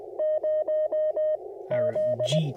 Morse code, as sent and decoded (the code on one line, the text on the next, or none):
----- / --..
0 Z